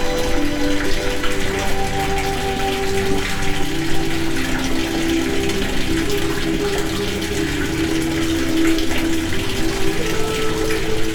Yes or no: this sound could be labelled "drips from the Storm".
yes